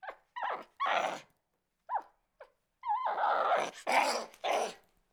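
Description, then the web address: Capuchin monkey screaming: harsh, raspy cries run together with squealing, falling tones, building into longer rough outbursts toward the end. Angry calling. "monkey capuchin mad"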